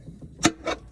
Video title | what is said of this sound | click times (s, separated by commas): A90 Supra Charge Pipe and catless Downpipe install! In depth *step by step* and cold start!! | we go should be able to hear it click on just like that | 0.5 s